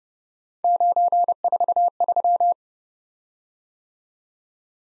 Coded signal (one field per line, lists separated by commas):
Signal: Morse code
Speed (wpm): 30 wpm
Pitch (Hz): 700 Hz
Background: none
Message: 943